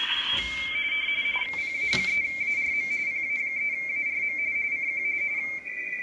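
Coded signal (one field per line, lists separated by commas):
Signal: RTTY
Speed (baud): 45.45 baud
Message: PA3ARM PA3ARM CQ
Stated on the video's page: RTTY received on an Icom IC-7100.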